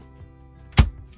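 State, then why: Released. Two fingers squeeze a plastic child safety lock on a cabinet door, which keeps the door from shimmying open while driving. A sharp click sounds at 0.8 s over a faint, steady tonal background. The lock releases and the door opens.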